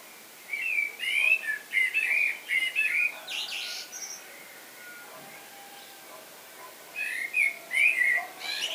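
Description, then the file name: Common blackbird song with a rich, rolling whistled phrase and a squeaky high flourish, then a lull and a second warbling phrase. "Turdus merula"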